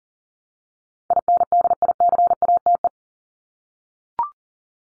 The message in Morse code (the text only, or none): INDICATE